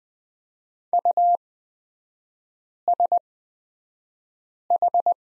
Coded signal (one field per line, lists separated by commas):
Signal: Morse code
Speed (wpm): 20 wpm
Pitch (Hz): 700 Hz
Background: none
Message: USH